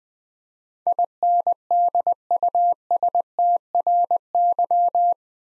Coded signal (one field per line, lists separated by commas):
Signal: Morse code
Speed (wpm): 20 wpm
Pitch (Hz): 700 Hz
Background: none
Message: INDUSTRY